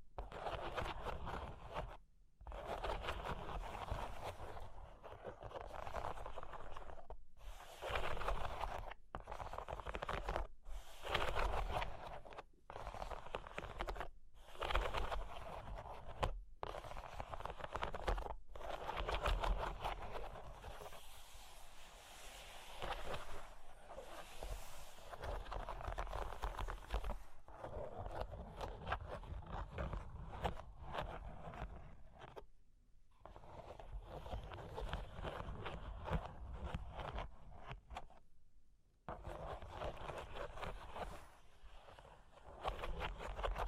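Scratching and tracing across cork and wood, a dense, rough rasping that runs almost without letup. In the first twenty seconds it breaks into short strokes separated by quick silent gaps; later it grows more continuous, with brief pauses near 33 and 39 seconds.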